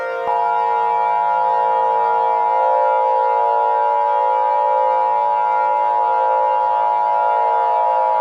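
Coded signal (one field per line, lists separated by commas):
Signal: Emergency Alert System (SAME) tones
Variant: 853 and 960 Hz attention tone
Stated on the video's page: Simulated EAS scenario, a fictional story.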